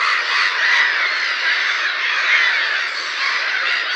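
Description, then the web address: Black-headed Gull calls, a continuous wash of harsh squawking from many birds with no break. "Schulze Peter Black-headed Gull"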